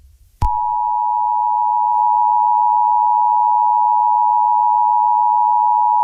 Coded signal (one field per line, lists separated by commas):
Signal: Emergency Alert System (SAME) tones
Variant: 853 and 960 Hz attention tone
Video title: EAS Scenario 3. Technology rebels